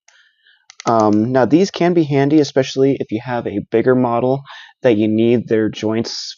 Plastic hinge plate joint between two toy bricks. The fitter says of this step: positions that they actually snap into you can hear the clicking